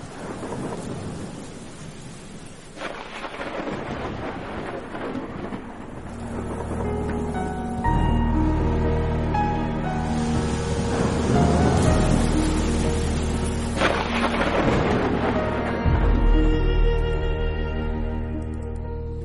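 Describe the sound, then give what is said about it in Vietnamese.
Steady rain pours down with wind outside a window, while heavy thunder with lightning rumbles in low, rolling waves that swell louder partway through and keep growling beneath the downpour. “Chỉ còn lại tiếng mưa gió văng vẳng đâu đó”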